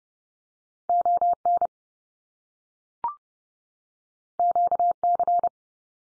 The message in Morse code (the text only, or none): ON QC